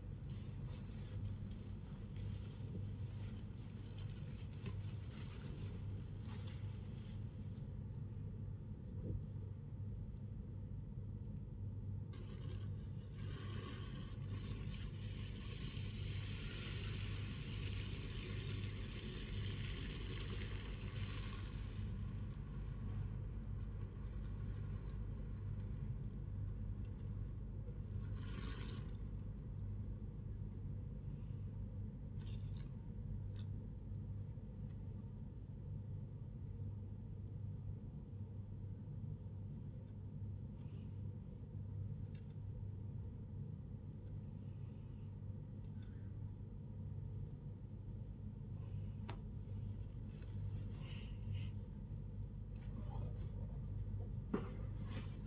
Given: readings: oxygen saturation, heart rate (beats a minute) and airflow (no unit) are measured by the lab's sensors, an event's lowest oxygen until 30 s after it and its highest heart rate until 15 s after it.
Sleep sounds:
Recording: a person awake in a sleep study, by a smartphone at the bedside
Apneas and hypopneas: none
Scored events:
48.00-55.27 s: awake
From the record:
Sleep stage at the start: awake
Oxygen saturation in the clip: 98 to 99%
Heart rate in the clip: 94 to 109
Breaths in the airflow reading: 16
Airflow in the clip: -4.5 to 7.1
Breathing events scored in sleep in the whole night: 158 in 7.3 hours asleep

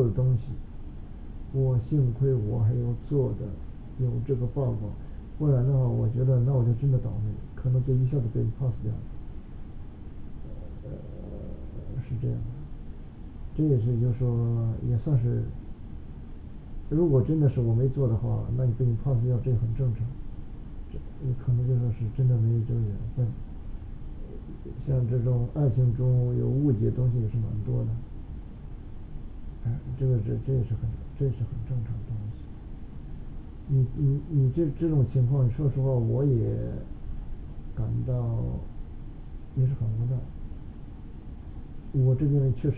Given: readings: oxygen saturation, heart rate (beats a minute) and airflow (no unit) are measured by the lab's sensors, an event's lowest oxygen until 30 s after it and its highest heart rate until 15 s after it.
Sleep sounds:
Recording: a person awake in a sleep study, by a smartphone at the bedside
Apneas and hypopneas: none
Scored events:
0.00-42.78 s: awake
From the record:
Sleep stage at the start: awake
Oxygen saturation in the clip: 95 to 96%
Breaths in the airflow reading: 10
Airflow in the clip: -3.6 to 4.1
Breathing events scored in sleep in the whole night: 216 in 7.0 hours asleep

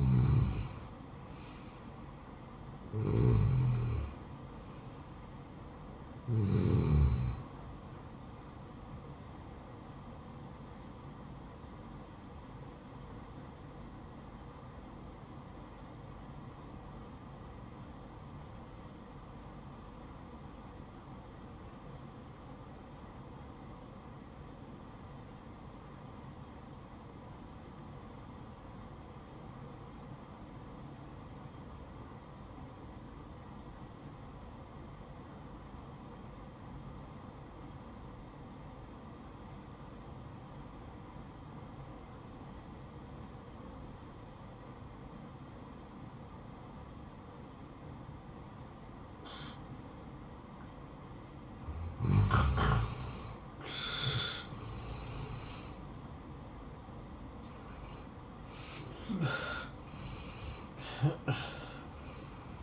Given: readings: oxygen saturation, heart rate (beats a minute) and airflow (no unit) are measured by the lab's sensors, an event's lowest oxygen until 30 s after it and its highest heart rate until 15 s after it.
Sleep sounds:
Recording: breathing in sleep by a smartphone at the bedside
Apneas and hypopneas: 1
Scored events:
8.00-62.63 s: new sleep stage, N2 (light sleep)
13.00-52.70 s: obstructive apnea (N2, oxygen 97% highest, then 85% lowest, heart rate 63 at the start, 73 highest)
From the record:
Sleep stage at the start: N1 (lightest sleep)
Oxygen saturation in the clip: 85 to 97%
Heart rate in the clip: 60 to 71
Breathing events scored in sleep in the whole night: 573 in 9.8 hours asleep

